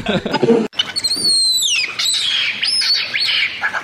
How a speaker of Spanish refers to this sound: Como oye, no, que se ha colado el mono capuchino de Madrid una vez más por nuestro programa.